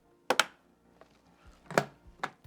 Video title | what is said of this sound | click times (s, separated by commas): How to Install the TOTO Neorest 750H Bidet Toilet | give it a little push we'll hear a click | 0.3 s, 0.4 s